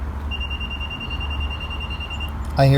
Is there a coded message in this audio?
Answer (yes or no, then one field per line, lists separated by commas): no